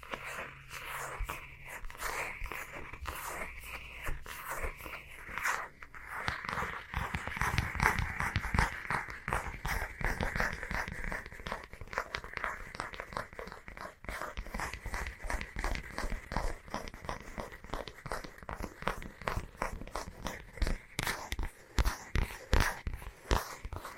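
Fast scratching goes on steadily for the whole stretch, a dense run of quick rasping strokes that grows busier and louder after about six seconds.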